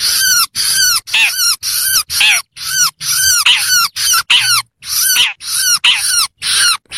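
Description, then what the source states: Long-tailed Shrike giving a series of harsh, rasping notes with squeaky rising overtones, about two per second, in steady bursts. Chirping song.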